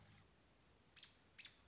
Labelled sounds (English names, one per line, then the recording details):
American Robin
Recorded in Sonoma County, California